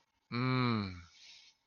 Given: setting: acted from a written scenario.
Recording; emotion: vocal sound without words; relief